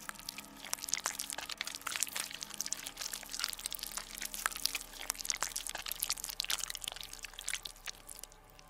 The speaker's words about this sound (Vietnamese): Sau đó, lão nghe có tiếng nhai nhóp nhép vang lên, cùng với tiếng cái lưỡi nhớp nhúa ấy liếm lên trên nền đất.